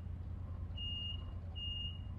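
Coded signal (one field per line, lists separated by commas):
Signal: bell signal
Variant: railway guard-driver buzzer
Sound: two steady high buzzer tones, each about 0.7 seconds, over engine rumble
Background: train engine rumble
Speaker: so one gap two is i'm about to shut the doors he repeats the signal twice for clarity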